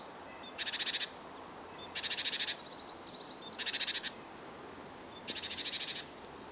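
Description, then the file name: Great tit scolding call: a thin high note followed by a harsh, buzzy rattling churr, the phrase repeated about every one and a half seconds, four times. "Parus major"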